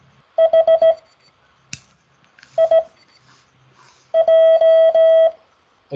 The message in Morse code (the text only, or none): HIJ